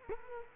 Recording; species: mosquito wingbeat signal from an infrared sensor; Culex quinquefasciatus